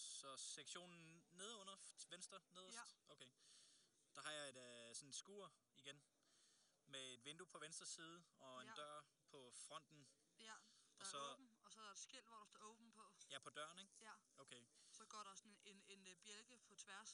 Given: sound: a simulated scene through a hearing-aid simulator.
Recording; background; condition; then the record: conversation; quiet; 65 dB SPL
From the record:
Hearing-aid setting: IV (slow-acting compression, loudness normalization); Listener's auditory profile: D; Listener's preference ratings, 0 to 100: 100, 99, 100